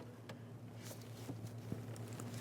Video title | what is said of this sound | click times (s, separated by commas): How to Replace Engine Knock Sensor 1998-2011 Ford Ranger | listen for a click we'll give those a tug to make sure they're completely secured together | 2.2 s